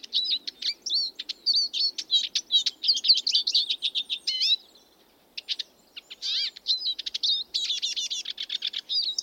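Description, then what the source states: Eurasian siskin song: a fast, high twittering run of chirps and trills, a brief pause near the middle, then more rapid jumbled notes. Male song, given perched or in song flight, with a diagnostic wheeze near the end of each phrase; Border Forest.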